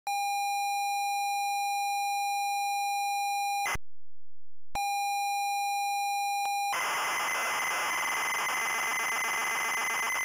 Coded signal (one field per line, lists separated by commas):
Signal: ZX Spectrum tape loading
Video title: 3D Ball - ZX Spectrum [Longplay]